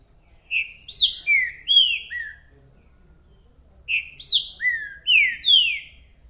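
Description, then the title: Green-winged saltator song, two rich whistled phrases of about five down-slurred notes each, the second following after a short gap. Green-winged saltator singing in a territorial dispute; calling, singing and acting male in the contest, with songs repeated one after another. "TRINCA Piando, Cantando E Macheando Na DISPUTA. 🔥TRINCA FERRO REPETIDOR !! UM CANTO ATRÁS DO OUTRO!!! TRINCA FERRO MERCENARIO!"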